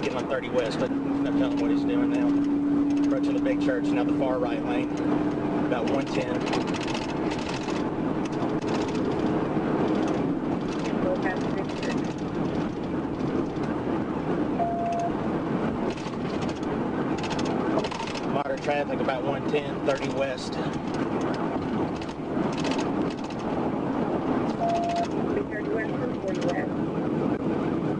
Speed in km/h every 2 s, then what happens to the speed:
161, 169, 175, 177, 184, 185, 187, 187, 174, 174, 169, 171, 171, 171.
0-11 speeds up to 187. 15-19 brakes to 169. 19-28 steady at about 171.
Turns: none.